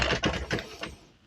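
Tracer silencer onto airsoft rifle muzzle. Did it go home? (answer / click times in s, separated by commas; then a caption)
yes / 0.2 s. A plastic and metal Knight's Armament tracer silencer is screwed onto the front of the barrel of a Tokyo Marui Delta HK416 airsoft rifle until it locks into place. A sharp click lands at 0.2 s, followed by smaller rattling clicks around 0.6 s and 0.8 s that fade out. The silencer is seated and locked on the muzzle.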